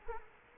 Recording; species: mosquito wingbeat signal from an infrared sensor; Culex quinquefasciatus